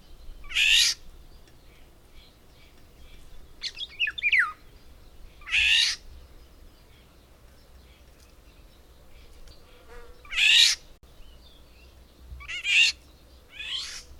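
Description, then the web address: Bird repeating loud harsh screeching bursts at irregular intervals, with a brief whistled, twisting phrase between them over faint background hiss. "madarak enek"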